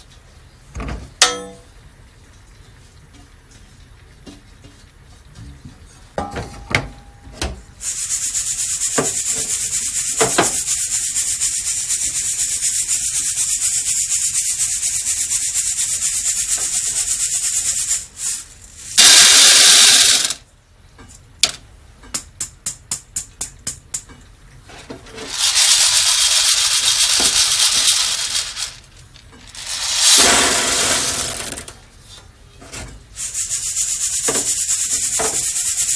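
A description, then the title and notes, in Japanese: Guatemala SHB coffee beans being roasted: a steady high hiss runs under scattered sharp clicks and taps. Louder rushing bursts break in around 19, 25 and 30 seconds, and a quick run of regular ticking sounds between them near the 22-second mark. 今朝は”グアテマラSHB”を焙煎。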